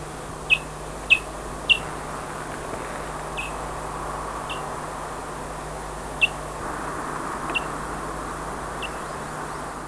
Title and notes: Museo de Ciencias de Bahía Blanca. Milano Blanco (Elanus leucurus) Su vocalización más común es un silbido corto y suave